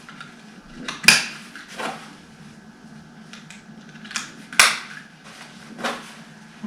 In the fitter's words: ça vient se clipser tout simplement dans le clip ici. Voilà.